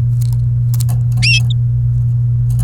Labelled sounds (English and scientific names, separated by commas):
Domestic Canary (Serinus canaria) song